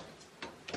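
A plastic clip is put in place on a dishwasher rack rail and pushed in, giving two small, sharp clicks at 0.4 and 0.7 seconds over a quiet background hiss. The clip is seated.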